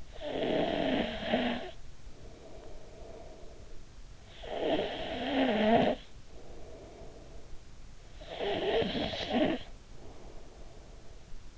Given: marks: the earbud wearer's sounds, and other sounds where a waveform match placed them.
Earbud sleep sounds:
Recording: sounds in sleep by an in-ear microphone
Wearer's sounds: snoring breath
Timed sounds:
0.00-4.03 s: snoring breath
4.20-11.58 s: snoring breath

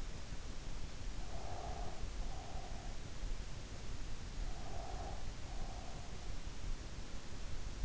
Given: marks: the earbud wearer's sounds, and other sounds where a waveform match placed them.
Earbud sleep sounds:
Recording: sounds in sleep by an in-ear microphone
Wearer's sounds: breath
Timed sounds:
1.29-2.96 s: breath
4.63-6.12 s: breath

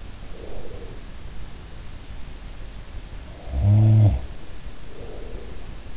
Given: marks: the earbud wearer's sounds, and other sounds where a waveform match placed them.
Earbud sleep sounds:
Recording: sounds in sleep by an in-ear microphone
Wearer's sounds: breath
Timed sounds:
0.00-1.40 s: sound from someone else or the room
0.16-1.40 s: breath
3.20-4.39 s: sound from someone else or the room
4.69-5.97 s: breath

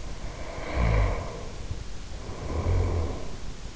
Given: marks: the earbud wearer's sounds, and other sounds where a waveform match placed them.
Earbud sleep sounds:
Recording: sounds in sleep by an in-ear microphone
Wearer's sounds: snoring breath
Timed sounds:
0.00-3.50 s: snoring breath

